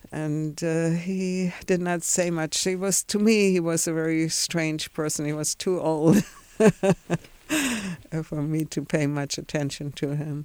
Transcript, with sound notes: And he did not say much. He was, to me he was a very strange person. He was too old ( she laughs ) for me to pay much attention to him.